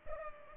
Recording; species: mosquito wingbeat signal from an infrared sensor; Culex pipiens